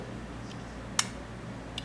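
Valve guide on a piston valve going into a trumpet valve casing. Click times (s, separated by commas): 1.0 s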